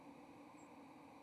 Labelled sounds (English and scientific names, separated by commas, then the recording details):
White-throated Sparrow (Zonotrichia albicollis) flight call
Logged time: 10:51 on 30 October 2014